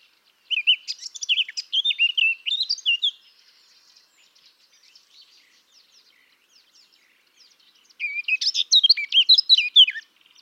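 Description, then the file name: Eurasian blackcap song in two bursts, each a fast, rich warble, with faint soft notes in the gap between. "Sylvia atricapilla"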